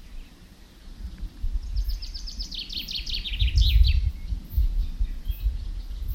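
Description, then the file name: Common chaffinch singing a single phrase, a fast descending series of sharp notes ending in a short twirl, with low rumbling noise beneath. "Fringilla coelebs"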